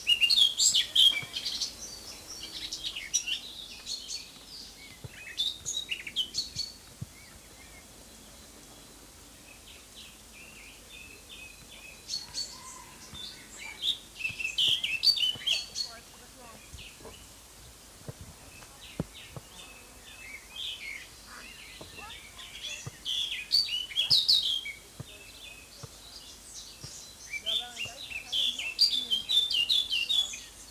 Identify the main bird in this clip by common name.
Eurasian Blackcap